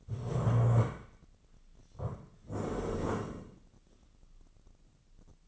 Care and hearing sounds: daily activity, microphone in the room; stand up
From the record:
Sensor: 4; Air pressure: 1013.1 hPa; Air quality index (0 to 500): 174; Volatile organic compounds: 2 ppm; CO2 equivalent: 1102 ppm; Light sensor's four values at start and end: 52/129/55/58 and 52/128/54/58

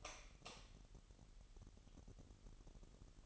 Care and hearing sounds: daily activity, microphone in the room; light on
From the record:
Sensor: 4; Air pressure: 989.1 hPa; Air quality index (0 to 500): 210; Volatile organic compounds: 58 ppm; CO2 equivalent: 3390 ppm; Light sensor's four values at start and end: 25/82/31/31 and 28/94/35/36

